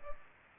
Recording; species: mosquito wingbeat signal from an infrared sensor; Culex pipiens